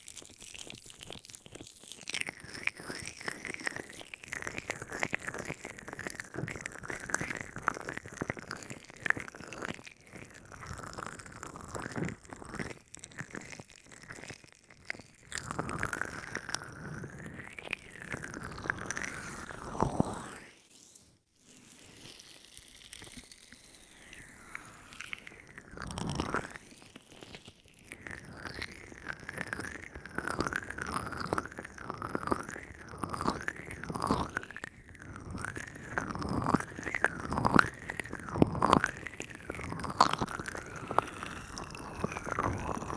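Wet squishing and rubbing of lotion on a microphone ear, with rapid rhythmic tapping and strokes, pausing briefly near twenty seconds.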